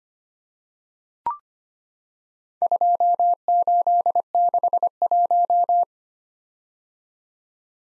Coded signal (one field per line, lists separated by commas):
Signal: Morse code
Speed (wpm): 25 wpm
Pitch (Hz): 700 Hz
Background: none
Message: 2861